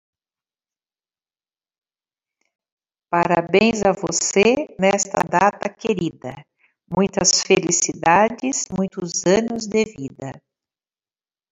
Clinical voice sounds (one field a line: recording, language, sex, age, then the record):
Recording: short text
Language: Brazilian Portuguese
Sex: female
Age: 60 to 69 years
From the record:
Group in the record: control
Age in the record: 63 years